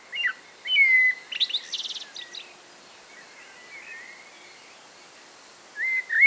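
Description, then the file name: Eurasian blackbird giving brief whistled phrases with a buzzy, rattling high twitter, then a long quiet pause before another short fluted phrase. "Turdus merula"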